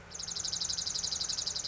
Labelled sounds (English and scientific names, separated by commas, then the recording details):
Dark-eyed Junco (Junco hyemalis)
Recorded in Sonoma County, California